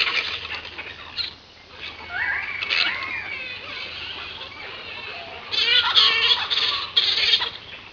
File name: greyhead flying fox